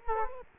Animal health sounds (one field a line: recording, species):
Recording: mosquito wingbeat signal from an infrared sensor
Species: Culex quinquefasciatus